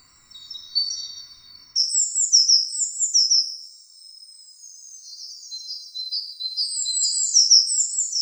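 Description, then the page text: Tit twittering: a soft, thin start, then lively cascades of very high chirping notes in rapid bursts, with a short quieter stretch midway. "Звуки синицы"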